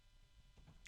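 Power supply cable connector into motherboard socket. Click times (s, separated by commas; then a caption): 0.9 s. A power supply cable's plastic connector is pushed into its socket on the motherboard, with faint low rumbling and handling noise as it is pressed in, not too hard, so the motherboard doesn't crack. A sharp, short click at 0.9 s marks the latch catching and the connector seating.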